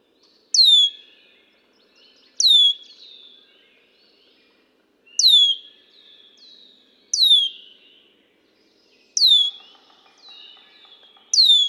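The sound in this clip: Red-winged blackbird whistles: loud, high downslurred notes with a soft tail, repeated about every two seconds, with faint chattering behind.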